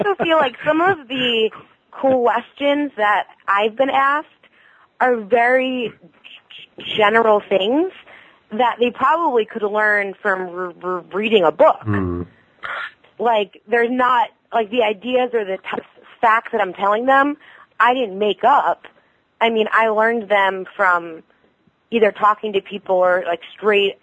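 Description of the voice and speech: An adult woman, a speech-language pathology graduate student who stutters, speaks in relaxed conversation with mostly fluent phrasing. Several stretched sounds on words like "very" and "from" and brief hesitant pauses break the flow. These prolongations and blocks are mild stuttering.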